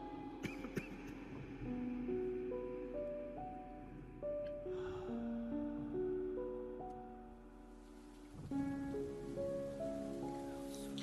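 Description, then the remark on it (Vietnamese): Heavy rain pours at night in Hanoi in a steady, dense hiss, while a slow, gentle melody of sustained notes plays over it. A brief swell in loudness comes late on. “Hà Nội rằm tháng 7 âm lịch, một đêm mưa to như đã chút nước.”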